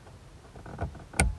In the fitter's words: You can hear it snap.